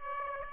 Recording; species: mosquito wingbeat signal from an infrared sensor; Aedes aegypti